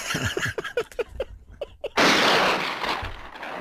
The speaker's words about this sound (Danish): Der blev den skudt for lang afstand.